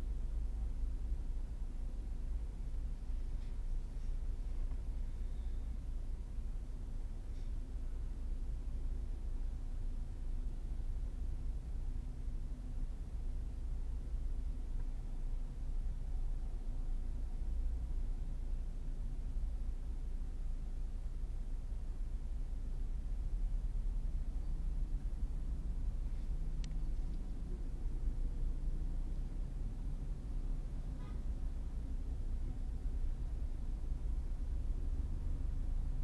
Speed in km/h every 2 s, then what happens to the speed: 0, 0, 0, 0, 0, 0, 0, 1, 2, 3, 2, 2, 2, 6, 9, 8, 10, 13.
0-24 standing. 24-27 pulls away to 9.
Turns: none.